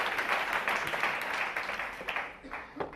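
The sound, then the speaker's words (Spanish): A crowd applauds steadily, a dense crackle of many hands clapping at once, thinning out and fading near the end. “Y entonces el público aplaude, aplaude hasta que sale.”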